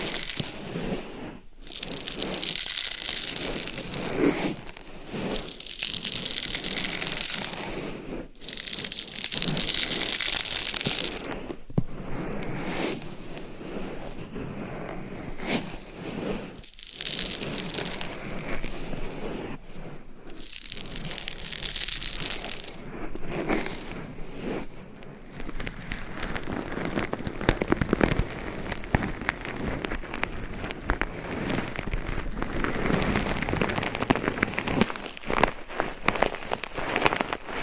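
Scratching and tapping on a binaural mic with gloves and nails makes a dense, crackly rustle that rarely lets up. Bursts of scraping run a few seconds each, broken by brief silent gaps near 2, 8, 11, 17 and 20 seconds, then turn steadier and brighter.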